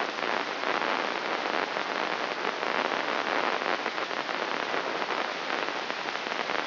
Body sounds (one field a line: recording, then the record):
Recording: brain microelectrode recording played as sound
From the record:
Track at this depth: outside the subthalamic nucleus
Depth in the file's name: 0.913 mm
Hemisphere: left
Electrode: 3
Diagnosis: Parkinson's disease